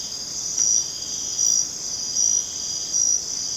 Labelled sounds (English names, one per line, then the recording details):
none
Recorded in dense forest near Puerto Asís, Putumayo, Colombia, on 19 June 2025 at 21:30
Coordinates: 0.484, -76.317
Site G045